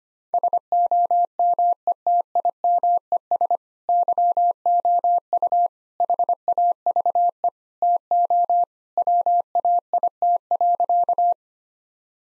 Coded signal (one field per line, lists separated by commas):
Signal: Morse code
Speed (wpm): 25 wpm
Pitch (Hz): 700 Hz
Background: none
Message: SOMETIMES YOU HAVE TO WAIT.